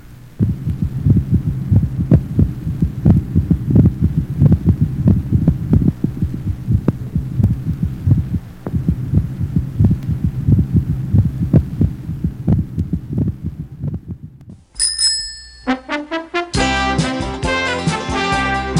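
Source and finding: Heart by stethoscope. Normal fourth heart sound (S4).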